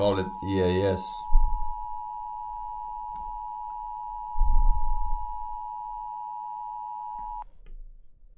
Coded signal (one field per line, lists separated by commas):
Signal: Emergency Alert System (SAME) tones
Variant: 853 and 960 Hz attention tone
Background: speech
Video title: Forsen Reacts to EAS Alarms of Around the World (REAL ones ONLY)